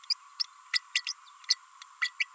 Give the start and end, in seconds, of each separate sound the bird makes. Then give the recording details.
0.10-0.14, 0.39-0.43, 0.73-0.79, 0.94-1.02, 1.06-1.13, 1.48-1.55, 2.01-2.11, 2.19-2.25. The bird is a female. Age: 30 days. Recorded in a nest box in Venezuela. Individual 17B32A5